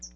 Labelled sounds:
Hooded Warbler flight call

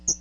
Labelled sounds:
Hooded Warbler flight call

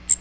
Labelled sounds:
Magnolia Warbler flight call

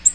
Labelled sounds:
Black-throated Green Warbler flight call

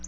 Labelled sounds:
Black-throated Blue Warbler flight call

